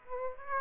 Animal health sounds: mosquito wingbeat signal from an infrared sensor; Aedes aegypti

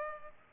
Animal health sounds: mosquito wingbeat signal from an infrared sensor; Culex pipiens

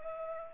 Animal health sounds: mosquito wingbeat signal from an infrared sensor; Culex pipiens

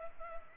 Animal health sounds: mosquito wingbeat signal from an infrared sensor; Culex pipiens

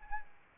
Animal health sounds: mosquito wingbeat signal from an infrared sensor; Anopheles arabiensis

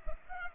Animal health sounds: mosquito wingbeat signal from an infrared sensor; Culex pipiens

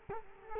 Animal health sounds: mosquito wingbeat signal from an infrared sensor; Culex quinquefasciatus

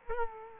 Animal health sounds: mosquito wingbeat signal from an infrared sensor; Culex quinquefasciatus

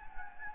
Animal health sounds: mosquito wingbeat signal from an infrared sensor; Anopheles gambiae

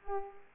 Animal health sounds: mosquito wingbeat signal from an infrared sensor; Culex pipiens

